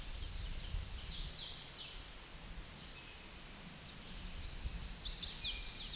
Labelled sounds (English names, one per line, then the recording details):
Hooded Warbler song
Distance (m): 40 m
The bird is about 5 m above the microphone
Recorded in a Pennsylvania forest on 16 May 2024 at 09:52
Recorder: AudioMoth, point MSD-1679
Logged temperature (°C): 16.1 °C
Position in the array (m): 147 m, 133 m